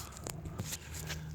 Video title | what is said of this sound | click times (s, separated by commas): How to replace the transmission cd4e in 2008 Mazda tribute/Escape/Mariner | snap it back into place there okay | 0.3 s